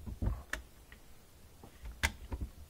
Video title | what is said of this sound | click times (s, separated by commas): ✨ Under Sink WATER FILTER - EASY FILTER CARTRIDGE CHANGE ✨ | Okay, that one clicked in. | 0.5 s, 2.1 s